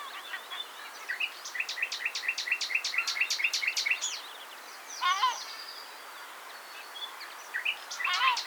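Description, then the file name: Common nightingale song: a rapid run of about a dozen sharp repeated notes, then a pause and a loud twisting phrase, with another burst near the end. "Luscinia megarhynchos"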